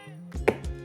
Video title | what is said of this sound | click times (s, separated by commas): How to use the Chirp Contour | Once you hear that click, you are good to go. | 0.5 s